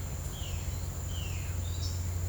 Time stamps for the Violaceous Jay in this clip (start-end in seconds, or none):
0.27-0.71, 1.09-1.47